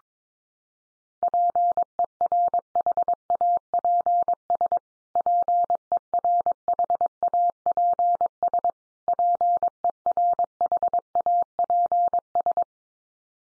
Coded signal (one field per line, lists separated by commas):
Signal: Morse code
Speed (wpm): 22 wpm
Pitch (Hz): 700 Hz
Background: none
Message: PERHAPS PERHAPS PERHAPS